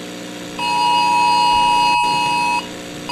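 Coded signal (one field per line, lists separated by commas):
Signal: Emergency Alert System (SAME) tones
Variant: 853 and 960 Hz attention tone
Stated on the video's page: Fictional scenario alert, not a real broadcast.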